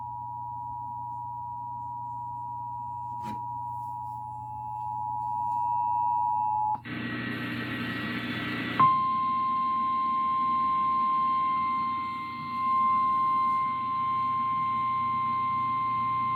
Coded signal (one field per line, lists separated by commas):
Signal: Emergency Alert System (SAME) tones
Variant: 853 and 960 Hz attention tone